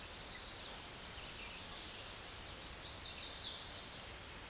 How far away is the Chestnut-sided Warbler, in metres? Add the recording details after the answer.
about 30 m. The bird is about level with the microphone. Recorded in a Pennsylvania forest on 16 May 2024 at 07:03. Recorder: AudioMoth, point MSD-1849. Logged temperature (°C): 12.1 °C. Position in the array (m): 11 m, 20 m